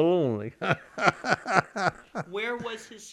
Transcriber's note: laughs